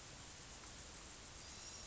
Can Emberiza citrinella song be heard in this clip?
no